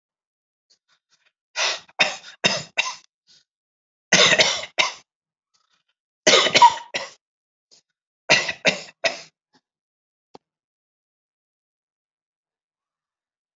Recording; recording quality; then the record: shallow voluntary cough; excellent, no background noise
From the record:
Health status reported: respiratory illness, not identified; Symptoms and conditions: asthma, hypertension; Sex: male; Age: 81 years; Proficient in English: yes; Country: India